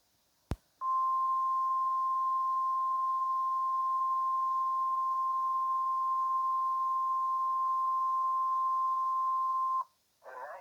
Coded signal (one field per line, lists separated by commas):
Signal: Emergency Alert System (SAME) tones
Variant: 1050 Hz attention tone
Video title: EAS Severe Thunderstom Warning for Catawba and Iredell Counties, NC (7/9/2025)